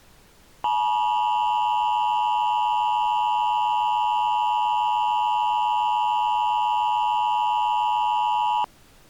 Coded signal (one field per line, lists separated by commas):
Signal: Emergency Alert System (SAME) tones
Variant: 853 and 960 Hz attention tone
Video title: EAS Scenario Harmony's Mystery